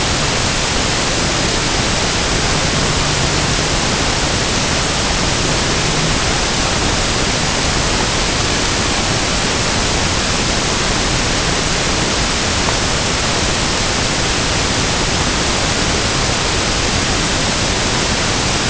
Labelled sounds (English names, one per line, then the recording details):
none
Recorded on Arctic tundra, site UTQI-5, on 21 June 2018
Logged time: 06:00